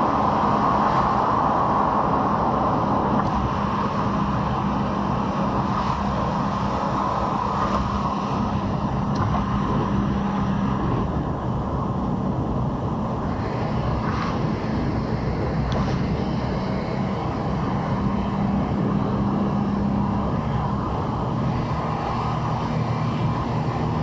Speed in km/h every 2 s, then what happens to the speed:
71, 70, 70, 69, 70, 68, 65, 65, 68, 70, 66, 64.
0-24 steady at about 68.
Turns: none.